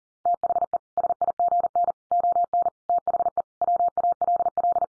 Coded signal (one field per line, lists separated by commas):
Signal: Morse code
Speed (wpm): 40 wpm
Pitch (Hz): 700 Hz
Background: none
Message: THE SIGN ON THE WALL